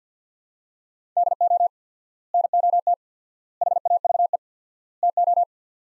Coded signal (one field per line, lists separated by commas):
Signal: Morse code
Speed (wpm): 50 wpm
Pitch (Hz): 700 Hz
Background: none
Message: DO NOT HAVE TO